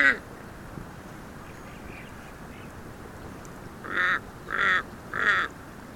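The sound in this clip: Kaka calls: one harsh note at the start, then after a pause three grating, nasal squawks in quick succession, over faint hiss.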